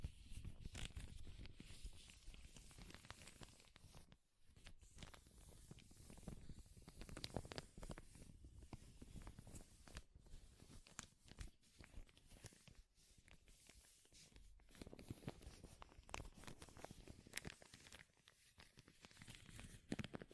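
Powerful crinkling runs dense and unbroken for the whole stretch, with sharp bright crackles and tearing bursts, briefly dipping just after four seconds.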